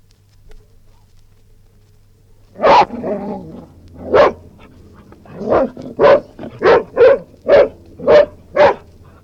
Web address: BBC Historical. airedale barking angrily